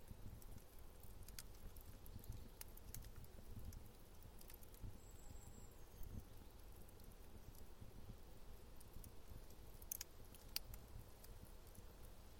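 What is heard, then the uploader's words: A fire burns with a steady low rumble and roar throughout. Sharp crackles and pops break through at irregular moments, brightest around two, ten and eleven seconds, with a brief thin whistle near the five-second mark. Fire Soundscapes from Around the World.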